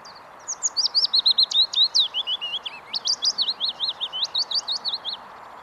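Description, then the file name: Willow warbler song: a sweet run of many slurred notes lasting about five seconds, over steady background noise. "Lovsangare"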